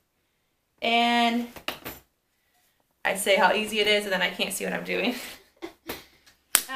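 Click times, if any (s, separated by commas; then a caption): 6.6 s. A stroller seat is fitted into the stroller frame mount while someone talks and fumbles to see what they are doing. A few soft handling knocks follow, then a sharp click at 6.5 s as the seat snaps into place in the frame mount and is seated.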